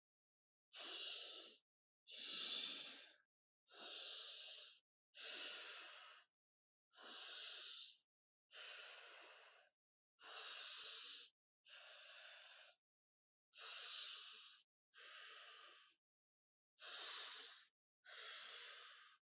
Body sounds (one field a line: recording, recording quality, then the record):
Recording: deep breathing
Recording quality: excellent, no background noise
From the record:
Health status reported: recovered from COVID-19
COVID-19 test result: positive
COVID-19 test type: RT-PCR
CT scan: not taken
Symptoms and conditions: loss of smell and taste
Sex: female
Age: 22 years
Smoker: no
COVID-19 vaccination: both doses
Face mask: not worn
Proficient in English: yes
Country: India